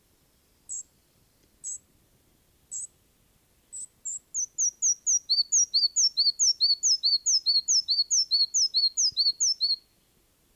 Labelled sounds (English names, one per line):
Red-breasted Flycatcher song